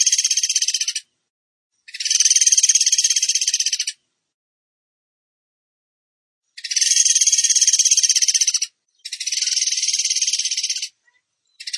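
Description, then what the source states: Bird song: high, rapidly pulsed buzzy trills in two-second bursts, a long silence midway, then more bursts. Bird singing in the tembakan gacor style, for training other birds (masteran).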